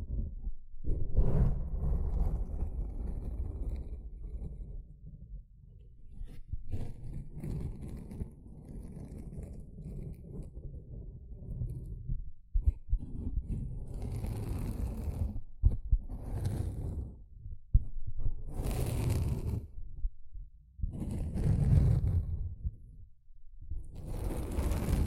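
Sponge sounds: a run of soft, dense squishing and rubbing, mostly low and muffled, shifting in texture as it goes. After about fifteen seconds, brighter scratchy strokes cut in at irregular intervals, separated by short quiet gaps.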